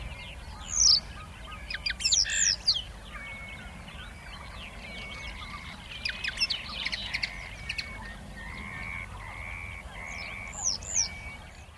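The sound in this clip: Common linnet song: scattered twittering chirps and quick buzzy notes, with a run of repeated short notes near the end.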